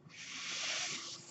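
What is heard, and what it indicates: A single soft, airy whoosh lasting just over a second. It swells gently, holds, then fades, with a steady high hiss and no voice. This is the sound of a home mechanical ventilator delivering a breath.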